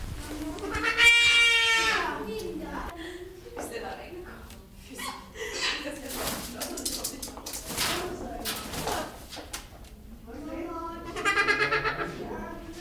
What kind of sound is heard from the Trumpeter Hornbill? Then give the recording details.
call. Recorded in captivity. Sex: male. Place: Zoo Berlin, Berlin, DE. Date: 1996-05-05 15:47. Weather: bedeckt, 8°C. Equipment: Sony MD-WM MZ-R3, Sennheiser MKH 416 T, Kopie Uher 4000 Report Monitor. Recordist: Tembrock, Günter